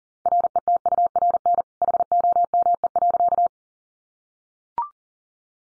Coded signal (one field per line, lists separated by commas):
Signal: Morse code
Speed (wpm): 37 wpm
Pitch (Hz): 700 Hz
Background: none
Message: RETURN HOME.